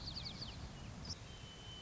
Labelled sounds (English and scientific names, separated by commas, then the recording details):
White-crowned Sparrow (Zonotrichia leucophrys)
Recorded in Sonoma County, California